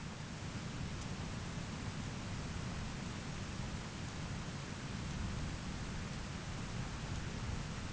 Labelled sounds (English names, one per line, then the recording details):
none
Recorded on Arctic tundra, site ZACK-1, on 13 June 2019
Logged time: 09:49